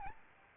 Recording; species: mosquito wingbeat signal from an infrared sensor; Aedes albopictus